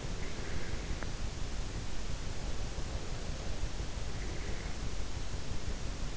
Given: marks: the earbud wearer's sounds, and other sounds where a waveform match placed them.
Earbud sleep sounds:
sounds in sleep by an in-ear microphone; breath
0.30-1.08 s: breath

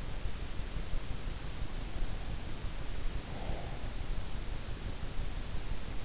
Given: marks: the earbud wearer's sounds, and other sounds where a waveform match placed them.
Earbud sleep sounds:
sounds in sleep by an in-ear microphone; breath
3.10-4.19 s: breath

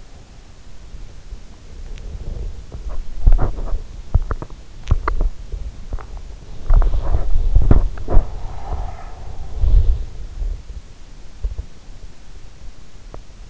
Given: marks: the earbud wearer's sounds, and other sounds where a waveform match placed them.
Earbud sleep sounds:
sounds in sleep by an in-ear microphone; body movement
0.00-13.50 s: body movement

